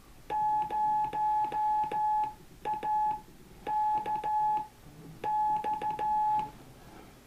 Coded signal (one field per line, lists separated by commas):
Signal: Morse code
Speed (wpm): 14 wpm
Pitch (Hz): 850 Hz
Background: none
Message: 0 A K X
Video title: Straight Key Night 2013 UTC In The Ham Radio Shack